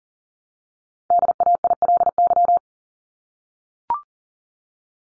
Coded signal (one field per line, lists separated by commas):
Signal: Morse code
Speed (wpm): 40 wpm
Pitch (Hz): 700 Hz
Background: none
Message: DAILY